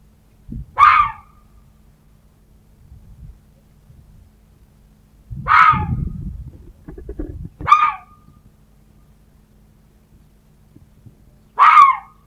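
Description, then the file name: Red fox uttering four rasping barks at uneven intervals, with soft low thumps and rustling between the calls. "Лиса"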